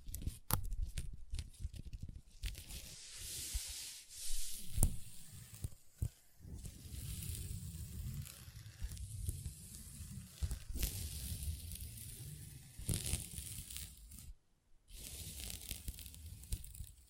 Table Tapping & Scratching with Long Nails